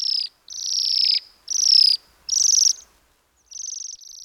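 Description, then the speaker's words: Bohemian waxwing trills: several high, buzzy, rattling bursts, each holding a level pitch. Trilling call much lower pitched and more rattling than the dog-whistle calls of cedar waxwings. "Their trilling call is much lower pitched and more rattling than the dog whistle calls of cedar waxwings."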